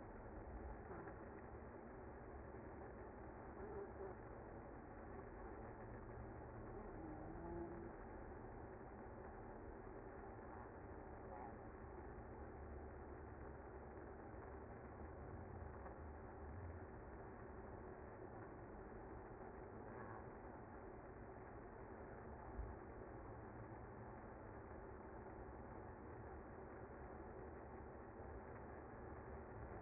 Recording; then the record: honeybee colony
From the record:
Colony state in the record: active